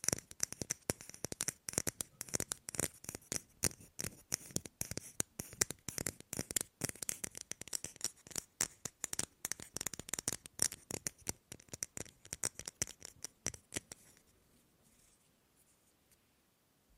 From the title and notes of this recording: ASMR Fast & Slow Tapping on 6 Objects No Talking.